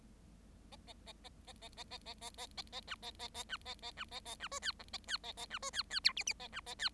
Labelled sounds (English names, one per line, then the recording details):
Bengalese Finch song
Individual Bird7